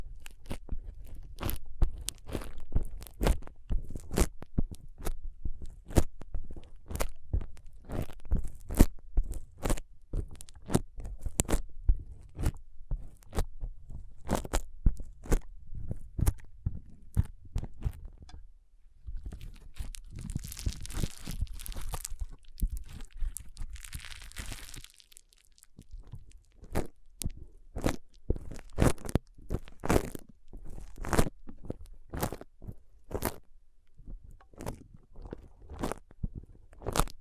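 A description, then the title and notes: A foam brain massage gives dense, irregular crunching and squeaking pops throughout, with a softer airy rubbing stretch around twenty to twenty-five seconds. ASMR Powerful Foam Brain Massage.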